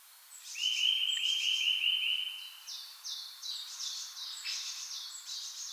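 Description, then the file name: Eurasian nuthatch opening with a fast, even trill of short whistled notes, followed by a run of sharp, high clipped calls. "Sitta europaea"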